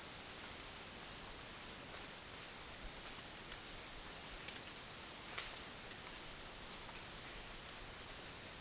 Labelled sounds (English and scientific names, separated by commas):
none